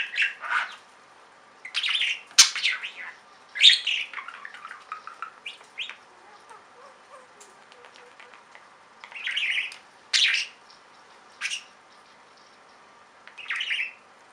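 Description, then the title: Budgerigar chatter: bouts of scratchy warbled squeaks and clicks, a quiet stretch in the middle, then a few separate buzzy chirps. "Budgie Sounds"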